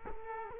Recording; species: mosquito wingbeat signal from an infrared sensor; Culex quinquefasciatus